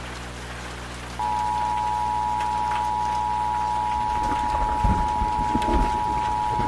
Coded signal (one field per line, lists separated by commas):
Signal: Emergency Alert System (SAME) tones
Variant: 853 and 960 Hz attention tone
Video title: EAS Scenario: Terrible Tuesday